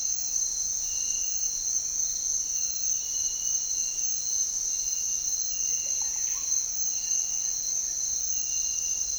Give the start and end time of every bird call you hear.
[5.67, 6.46] bird call

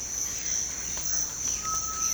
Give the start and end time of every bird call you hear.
[1.58, 2.14] bird call

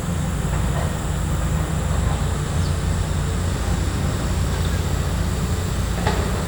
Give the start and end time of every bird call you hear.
[2.59, 2.72] bird call

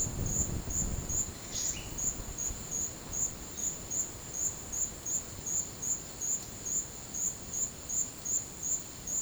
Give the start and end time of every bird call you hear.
[1.52, 1.97] bird call

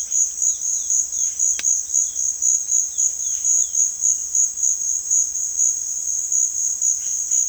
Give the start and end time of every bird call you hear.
[0.00, 4.29] bird call
[6.93, 7.47] bird call

